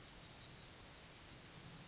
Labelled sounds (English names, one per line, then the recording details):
Yellowhammer song
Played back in forest
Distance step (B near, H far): F
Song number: 142